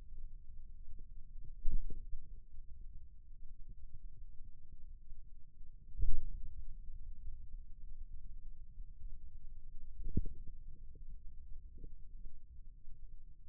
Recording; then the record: forearm muscle sounds (acoustic myography)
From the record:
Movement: ulnar deviation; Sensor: system 2, bracelet of six BSWA MPA416 microphones around the upper forearm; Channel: 1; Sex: male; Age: 22 years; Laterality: right